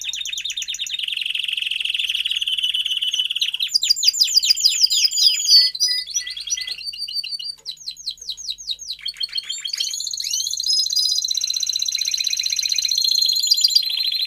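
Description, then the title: Domestic canary song alternating sustained buzzy trills with sweeping, rapidly repeated whistled notes, phrases changing every few seconds. Male canary singing a lot, in a 30-minute canary training recording meant to warm up young birds and Belgian canaries. "Canary Training Esquente Seu Filhote E Canario Belga Em 30 Minutos Macho Cantando Muito"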